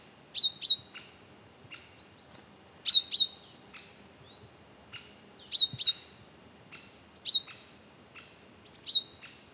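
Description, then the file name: Great tit repeating sharp, high paired call notes every few seconds, with fainter thin notes in between. "Parus major"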